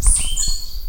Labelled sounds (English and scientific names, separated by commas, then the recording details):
Stitchbird (Notiomystis cincta) song
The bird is a male
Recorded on Tiritiri Matangi Island, New Zealand, in 2005
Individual 16, of nest box 24